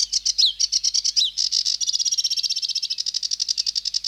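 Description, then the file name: Sedge warbler song: scratchy chirps and two downslurred whistles, then a quick, buzzy rattling series of repeated notes. "Sedge Warbler (Acrocephalus schoenobaenus)"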